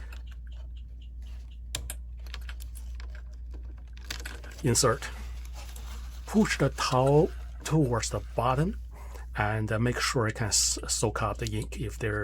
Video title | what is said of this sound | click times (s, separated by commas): Epson ET-8550 Fake Paper Jam Caused by a Bad PW Sensor | when you pull that bar towards you, you're going to hear a click. Once you hear the click, you can lift up and remove the damper and the ink is going to flow right away. | 1.8 s